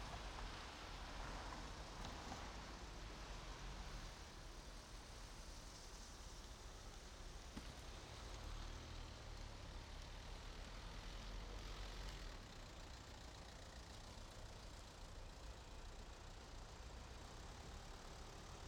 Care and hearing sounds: everyday scene through a hearing-aid microphone; in traffic; traffic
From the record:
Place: main road on the outskirts, rush hour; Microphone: in the ear canal, right

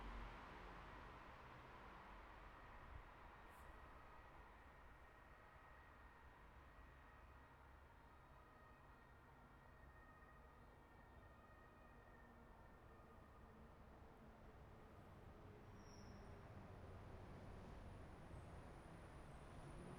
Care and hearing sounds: everyday scene through a hearing-aid microphone; in traffic; traffic, siren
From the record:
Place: bus stop on a city main road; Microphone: behind the ear, right, rear

